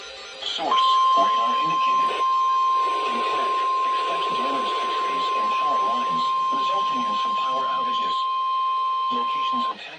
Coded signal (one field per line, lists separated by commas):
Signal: Emergency Alert System (SAME) tones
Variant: 1050 Hz attention tone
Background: speech, music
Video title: KIH35 GETS BACKLOGGED... (EAS ALERTS 3506-3575 FROM 06/22/22)